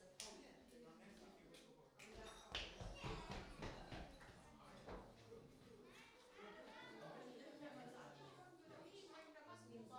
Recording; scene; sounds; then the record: everyday scene through a hearing-aid microphone; many people talking; footsteps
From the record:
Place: parish hall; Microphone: in the ear canal, right